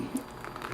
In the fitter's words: it in pops right in we're good